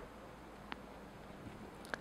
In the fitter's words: and drop down the FCU into the printer until it clicks